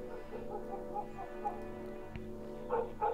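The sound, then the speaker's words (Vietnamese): Dogs across the neighborhood bark in a loose, irregular series of short yelps, some overlapping, with a pair of louder barks near the end over a steady low background hum. “Chỉ thấy chó cả khu sủa lên dữ lắm.”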